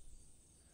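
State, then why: Not seated. A quick-release watch strap end is being handled to reattach its pin into the case lug of a Garmin Vivoactive 3 smartwatch. Only a low rumble and a steady, faint high hiss are heard, with no sharp transients. Nothing has seated or clicked yet.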